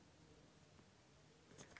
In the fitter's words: Dia bakal bunyi klik gitulah, pemirsa.